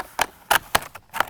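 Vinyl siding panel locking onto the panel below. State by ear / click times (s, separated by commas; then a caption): seated / 0.8 s. A siding removal tool pulls down and pushes up on a vinyl siding panel so its bottom lip locks onto the course below. A series of short, sharp plastic clicks is heard, and the panel snaps into its lock at 0.8 s. Further clicks follow around 1.2 s.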